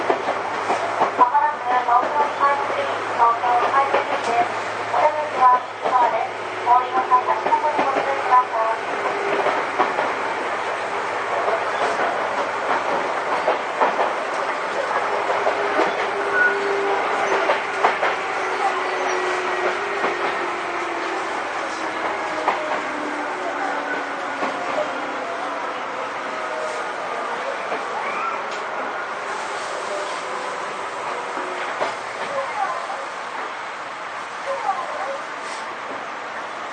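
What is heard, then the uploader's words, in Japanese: A Tobu 10000 series train runs steadily between Asakusa and Kita-Senju, its dense rumble joined by rising and falling motor whine and occasional clatter. 東武10000系 浅草ー北千住。浅草→北千住の区間の運転の列車を録音。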